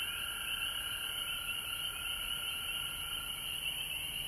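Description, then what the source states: Frogs chorusing nonstop, a thick wash of high trilling notes and a steady lower whine, constant in loudness across the short stretch. Recorded at home in Georgia on March 19, 2020.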